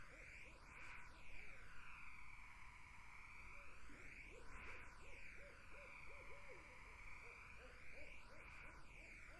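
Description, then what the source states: Barred owl hoots in a rhythmic run, several evenly spaced rising-falling notes in the middle, with trailing softer hoots, all against a continuous buzzing insect chorus. Summer wetland.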